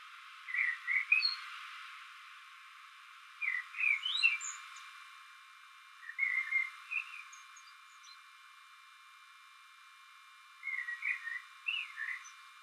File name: Turdus merula - Common Blackbird